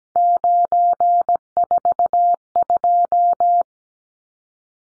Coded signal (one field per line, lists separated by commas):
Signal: Morse code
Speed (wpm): 17 wpm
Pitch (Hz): 700 Hz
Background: none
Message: 942